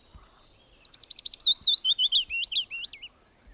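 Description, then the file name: Willow warbler song: a soft, sweet cascade of slurred whistled notes lasting about two and a half seconds, gradually dropping in pitch; faint low thumps in the background. "pouillotfitis"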